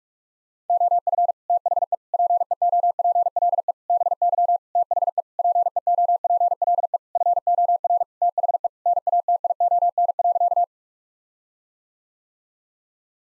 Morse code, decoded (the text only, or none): OF THE PEOPLE BY THE PEOPLE FOR THE NATION.